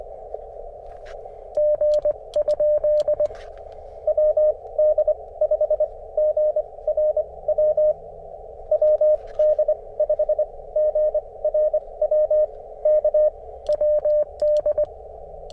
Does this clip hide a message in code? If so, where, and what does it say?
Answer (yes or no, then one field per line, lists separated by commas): yes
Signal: Morse code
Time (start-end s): 1.6-14.8 s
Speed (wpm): 25 wpm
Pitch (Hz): 610 Hz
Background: none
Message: G ? WD5GRW WD5GRW K WD